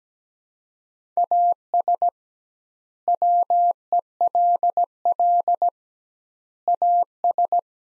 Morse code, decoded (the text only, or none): AS WELL AS